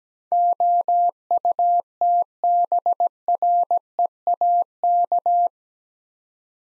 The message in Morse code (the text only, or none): OUTBREAK